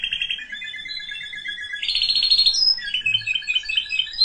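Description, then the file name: Canary song with a low rolling trill, a buzzy higher roll, then quick mixed chirps and twitters. "Canary Voice"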